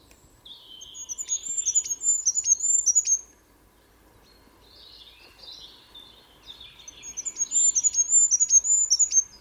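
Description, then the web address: Bird calls: rapid high twittering phrases with sharp chirps, a pause of softer scratchy notes, then another twittering run. "Bird Only"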